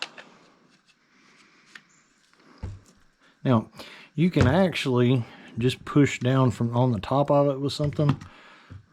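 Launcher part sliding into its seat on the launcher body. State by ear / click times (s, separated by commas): not seated / none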